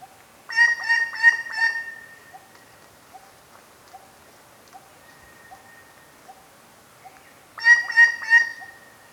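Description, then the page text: White-bellied treepie call, a loud burst of three or four ringing harmonic notes, then a lingering tone. The burst repeats near the end, with faint soft notes pulsing between. "White-Bellied Treepie Call. Quick Sounds"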